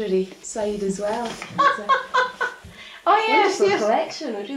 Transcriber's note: laughs heartily